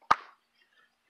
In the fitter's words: it in place you'll hear an audible click and they're